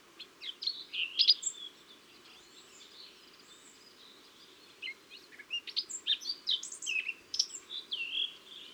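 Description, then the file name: Eurasian blackcap song: two bursts of rapid, varied warbling phrases with fluty notes and quick chatter, separated by a few seconds of quiet. "Sylvia atricapilla"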